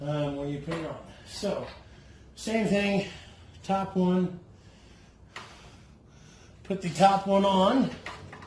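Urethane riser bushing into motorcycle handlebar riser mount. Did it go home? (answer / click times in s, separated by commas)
no / none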